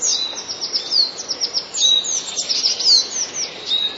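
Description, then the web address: Eurasian blue tit song, a continuous stream of very high, quick downslurred tsee notes with a few brighter whistled sweeps, over faint hiss. "wroblowe teka spiew. modraszkoteka"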